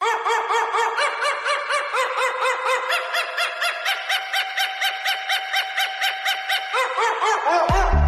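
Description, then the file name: Dog barking: short, sharp barks looped in a fast, even beat about twice a second, processed and steady throughout, ending with a low thud. Ringtone remix of dog barking. "cho sua"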